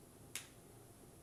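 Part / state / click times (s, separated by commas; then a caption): plastic spice bowl into spice tool frame / seated / 0.4 s. A plastic spice bowl is pressed into the frame of a spice tool and locks into place with a single sharp click at 0.4 s. The bowl stays seated and does not fall out.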